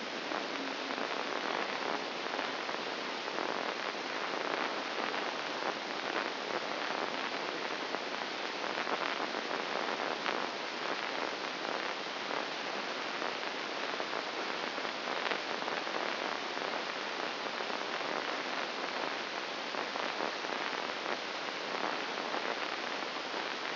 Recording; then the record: brain microelectrode recording played as sound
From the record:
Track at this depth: inside the subthalamic nucleus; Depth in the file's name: 5.101 mm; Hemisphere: left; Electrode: 2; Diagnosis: Parkinson's disease